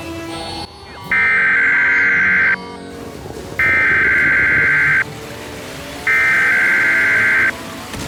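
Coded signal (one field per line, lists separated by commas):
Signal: Emergency Alert System (SAME) tones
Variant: header bursts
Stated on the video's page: Valid EAS tones taken from older videos, edited into a show as fake interruptions: a Rainbow Dash warning, test messages, and a dust storm warning.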